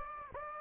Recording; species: mosquito wingbeat signal from an infrared sensor; Anopheles gambiae